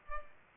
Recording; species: mosquito wingbeat signal from an infrared sensor; Culex pipiens